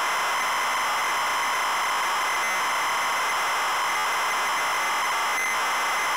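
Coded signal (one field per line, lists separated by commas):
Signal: ZX Spectrum tape loading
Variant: ZX Spectrum +2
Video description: Double Dragon - Zx Spectrum +2 (Full Cassette Tape Loading & Gameplay) / To skip the loading and go to the main game 11:30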